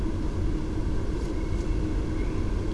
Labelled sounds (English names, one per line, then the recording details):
Common Blackbird
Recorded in Germany
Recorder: ecoPi